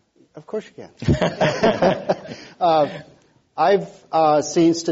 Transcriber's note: laughter